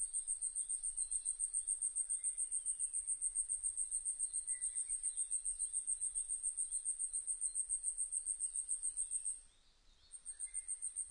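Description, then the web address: Asian stubtail song, a very high, insect-like series of rapid thin ticking pulses that holds steady for about nine seconds, pauses briefly, then starts again. Recorded 26 April 2006. "2006 060426 yabusame"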